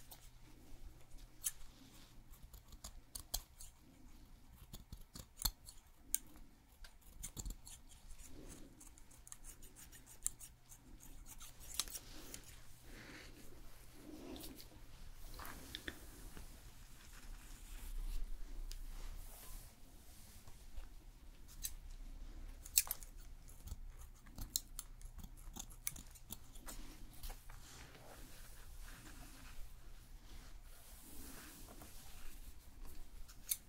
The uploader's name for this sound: Hair Salon Haircut, Perm, Shampoo WLayered Sounds